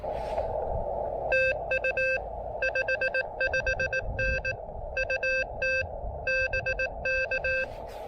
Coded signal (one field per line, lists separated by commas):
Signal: Morse code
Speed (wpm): 18 wpm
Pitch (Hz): 1550 Hz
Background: none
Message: TU 55N UT BK